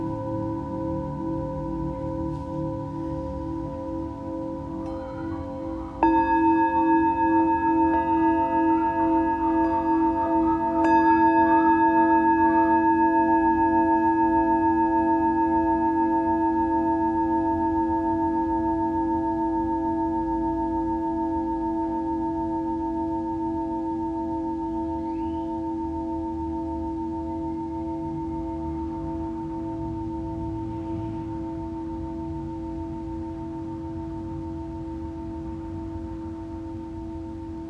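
A Tibetan singing bowl rings with a steady, humming drone and clear overtones that shimmer above it. The bowl is struck again at about 6 seconds and 11 seconds, each strike brightening the tone, which then slowly fades through to the end.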